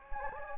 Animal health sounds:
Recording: mosquito wingbeat signal from an infrared sensor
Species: Anopheles gambiae

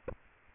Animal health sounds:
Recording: mosquito wingbeat signal from an infrared sensor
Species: Aedes aegypti

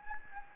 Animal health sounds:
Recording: mosquito wingbeat signal from an infrared sensor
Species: Anopheles gambiae

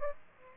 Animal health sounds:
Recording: mosquito wingbeat signal from an infrared sensor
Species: Aedes aegypti

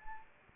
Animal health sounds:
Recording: mosquito wingbeat signal from an infrared sensor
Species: Anopheles arabiensis

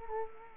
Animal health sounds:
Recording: mosquito wingbeat signal from an infrared sensor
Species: Culex quinquefasciatus

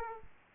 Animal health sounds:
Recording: mosquito wingbeat signal from an infrared sensor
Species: Aedes aegypti

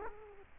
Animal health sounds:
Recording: mosquito wingbeat signal from an infrared sensor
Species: Culex quinquefasciatus

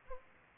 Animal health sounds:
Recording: mosquito wingbeat signal from an infrared sensor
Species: Aedes aegypti

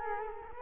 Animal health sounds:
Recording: mosquito wingbeat signal from an infrared sensor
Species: Culex quinquefasciatus

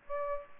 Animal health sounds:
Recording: mosquito wingbeat signal from an infrared sensor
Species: Aedes aegypti

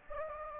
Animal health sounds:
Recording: mosquito wingbeat signal from an infrared sensor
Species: Anopheles gambiae

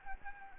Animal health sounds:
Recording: mosquito wingbeat signal from an infrared sensor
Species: Anopheles gambiae

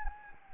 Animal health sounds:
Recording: mosquito wingbeat signal from an infrared sensor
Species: Anopheles gambiae

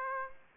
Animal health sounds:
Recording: mosquito wingbeat signal from an infrared sensor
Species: Aedes aegypti

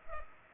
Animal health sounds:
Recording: mosquito wingbeat signal from an infrared sensor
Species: Culex pipiens

